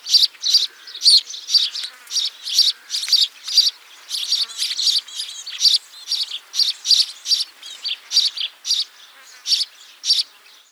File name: Passer domesticus